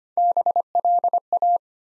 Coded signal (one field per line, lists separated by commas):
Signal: Morse code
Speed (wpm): 25 wpm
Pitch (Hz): 700 Hz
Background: none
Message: BLA